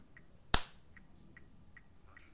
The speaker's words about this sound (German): Ich habe geklatscht auf der 1. Ah, klingt ja höllisch.